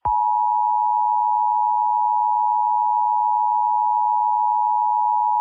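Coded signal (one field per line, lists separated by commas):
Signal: Emergency Alert System (SAME) tones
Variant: 853 and 960 Hz attention tone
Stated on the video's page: Fictional EAS scenario generated with EAS Simulator Pro software.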